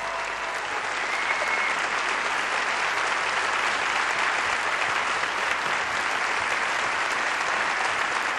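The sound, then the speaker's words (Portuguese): A large audience at the Teatro Camões in Lisbon applauds steadily during the live Festival da Canção, a dense, even wash of clapping that holds at a constant loud level for the whole stretch without pausing. “E uma salva de palmas para o Eduardo Nascimento.”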